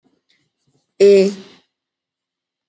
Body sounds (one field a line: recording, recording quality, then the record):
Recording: sustained vowel as in made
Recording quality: excellent, no background noise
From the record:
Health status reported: exposed to COVID-19, no respiratory illness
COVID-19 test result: not tested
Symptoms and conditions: cold, muscle pain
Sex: female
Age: 21 years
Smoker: not ticked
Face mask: not worn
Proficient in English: yes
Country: India